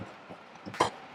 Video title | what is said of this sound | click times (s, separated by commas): Pebbles Gets A Lighting Upgrade - Diode Dynamics Stage Series Fog and Ditch, Oracle LED Lettering | all right this kind of has a little pop into place | 0.8 s